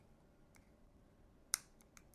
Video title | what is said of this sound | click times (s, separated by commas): How to Replace a Fossil Watch Battery (FS5251 & FS4931 Step-by-Step) | Should hear a click. | 1.5 s